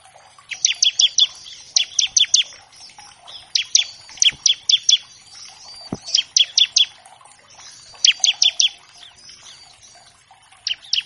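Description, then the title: Bar-winged prinia: steady flurries of sharp, high chips, usually four or five at a time, with brief quieter pauses. Energetic (gacor) bar-winged prinia in a master track used to tutor captive birds of all kinds; used as a lure to make untrained prinias start singing quickly. "Masteran Ciblek Gacor Vs Kenari Gacor Untuk Masteran Semua Jenis Burung. Pancingan Ciblek bahan agar cepat bunyi. Burung Ciblek"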